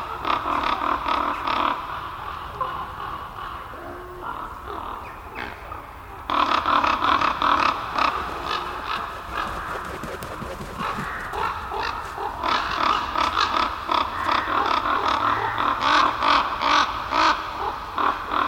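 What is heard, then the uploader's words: A crowd of ravens calls over their forest roost, a dense, continuous clamor of overlapping croaks and caws. The chorus grows louder around the six-second mark and keeps up a busy, rough chatter, with a low rumble underneath. Chris Watson - Ravens Over Their Roost In The Forest.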